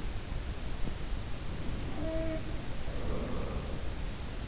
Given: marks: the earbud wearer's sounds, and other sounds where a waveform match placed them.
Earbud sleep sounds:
sounds in sleep by an in-ear microphone; breath
1.32-4.22 s: breath
1.88-2.91 s: sound from someone else or the room

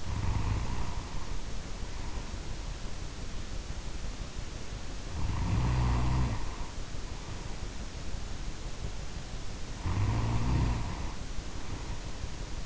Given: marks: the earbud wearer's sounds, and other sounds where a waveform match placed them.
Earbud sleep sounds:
sounds in sleep by an in-ear microphone; snoring breath
0.00-3.26 s: snoring breath
5.00-7.78 s: snoring breath
9.75-12.66 s: snoring breath

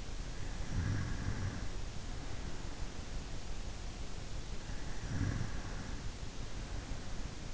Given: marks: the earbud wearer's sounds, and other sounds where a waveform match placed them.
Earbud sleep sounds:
sounds in sleep by an in-ear microphone; snoring breath
0.63-3.42 s: snoring breath
4.46-7.54 s: snoring breath

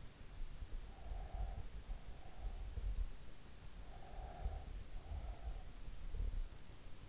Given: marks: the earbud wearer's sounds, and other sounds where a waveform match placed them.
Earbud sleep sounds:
sounds in sleep by an in-ear microphone; breath
0.88-2.67 s: breath
3.91-6.44 s: breath

